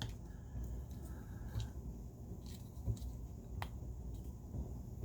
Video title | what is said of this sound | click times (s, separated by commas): Optimus Prime 2.0 Version [ Magic Square MS B46 Light of Victory ] | you can start closing stuff up and squeezing stuff together you'll hear it all clicking | 0.0 s, 3.6 s